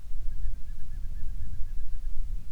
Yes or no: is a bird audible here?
yes